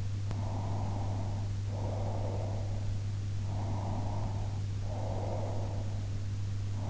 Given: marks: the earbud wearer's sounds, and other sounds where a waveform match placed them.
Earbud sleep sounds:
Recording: sounds in sleep by an in-ear microphone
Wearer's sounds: breath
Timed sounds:
0.54-2.79 s: breath
3.58-6.51 s: breath

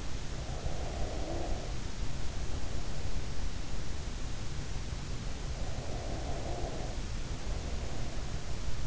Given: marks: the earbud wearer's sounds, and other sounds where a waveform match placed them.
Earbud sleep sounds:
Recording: sounds in sleep by an in-ear microphone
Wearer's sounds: breath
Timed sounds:
0.29-3.34 s: breath
5.41-8.86 s: breath

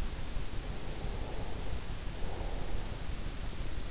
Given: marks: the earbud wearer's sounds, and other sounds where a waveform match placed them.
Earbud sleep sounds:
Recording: sounds in sleep by an in-ear microphone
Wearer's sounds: breath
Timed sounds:
0.32-3.86 s: breath

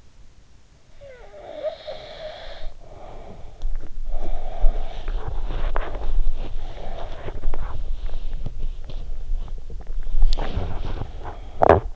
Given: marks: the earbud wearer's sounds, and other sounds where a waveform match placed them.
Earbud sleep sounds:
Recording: sounds in sleep by an in-ear microphone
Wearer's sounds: snoring breath, teeth grinding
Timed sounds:
0.80-4.03 s: snoring breath
4.03-11.96 s: teeth grinding

